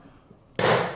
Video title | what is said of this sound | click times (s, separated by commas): 3 Schedule Recorder subt | it should be a little kind of a snap sound like I did now like that um to make sure that it went right into place | 0.6 s